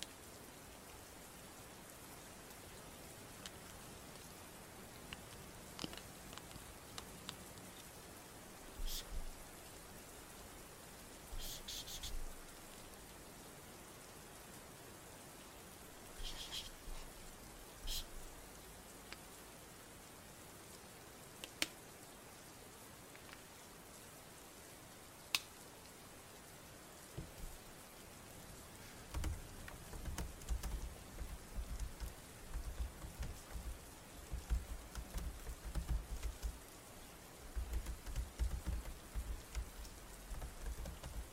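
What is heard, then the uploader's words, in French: Steady rain patters densely throughout, with occasional sharp drips and taps, and low rumbling gusts thickening the sound after thirty seconds. Sons ASMR et de pluie.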